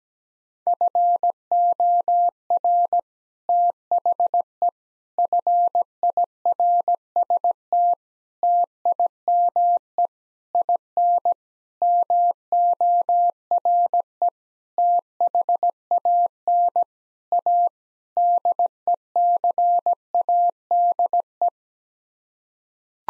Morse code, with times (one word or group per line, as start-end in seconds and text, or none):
0.7-3.0 FOR
3.5-4.7 THE
5.2-7.9 FIRST
8.4-10.1 TIME
10.5-11.3 IN
11.8-14.3 MORE
14.8-16.8 THAN
17.3-17.7 A
18.2-21.5 DECADE